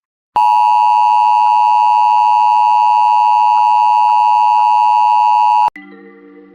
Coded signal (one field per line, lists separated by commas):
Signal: Emergency Alert System (SAME) tones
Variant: 853 and 960 Hz attention tone